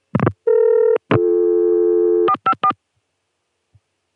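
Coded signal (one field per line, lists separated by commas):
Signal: DTMF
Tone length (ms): 80 ms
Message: 454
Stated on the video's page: Recordings of ConTelNet CCSA telephone network signalling, July 1980 and March 1981.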